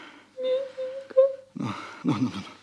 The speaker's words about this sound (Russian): Ну, што ты плачаш? Бачыш, усё нармальна. Ну, перастань.